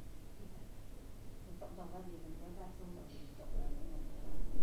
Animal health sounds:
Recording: poultry house recording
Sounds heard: no chicken sound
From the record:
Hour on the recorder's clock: 17

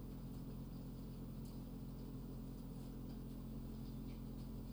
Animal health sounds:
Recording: poultry house recording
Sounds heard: healthy chickens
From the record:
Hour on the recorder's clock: 20

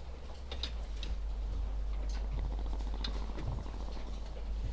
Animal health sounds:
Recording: poultry house recording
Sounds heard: sick chickens (respiratory disease)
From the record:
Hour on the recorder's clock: 16

